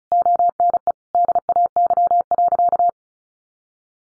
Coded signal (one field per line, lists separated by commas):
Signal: Morse code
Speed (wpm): 34 wpm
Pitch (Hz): 700 Hz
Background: none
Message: ONE DAY.